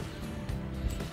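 The two plastic leg halves of a Transformers Legacy United Infernac Universe Deluxe Class Shard robot figure are handled and brought together to be pressed into place. Soft handling bumps sound over a steady low background hum. Nothing has seated or clicked yet.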